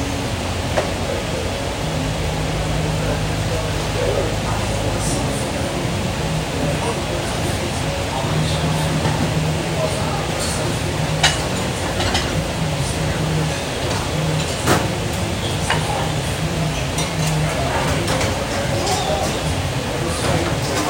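Restaurant sounds at Sunday breakfast: a steady, dense murmur of overlapping voices fills the whole stretch without pause. Occasional sharp clinks of dishes and cutlery pop out, around 11 and 15 seconds, over a constant low hum.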